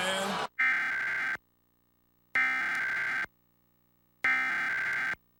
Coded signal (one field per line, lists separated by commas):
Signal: Emergency Alert System (SAME) tones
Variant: header bursts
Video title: WMDT-DT2 Emergency Alert System - Required Monthly Test (December 28, 2022)